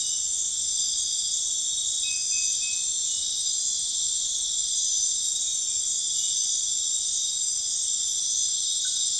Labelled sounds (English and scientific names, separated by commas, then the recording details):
none
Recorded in pastures near Puerto Asís, Putumayo, Colombia, on 4 March 2025 at 02:30
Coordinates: 0.502, -76.324
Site GP07